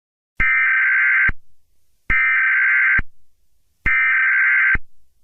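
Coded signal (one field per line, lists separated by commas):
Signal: Emergency Alert System (SAME) tones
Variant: header bursts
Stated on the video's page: Fictional EAS scenario.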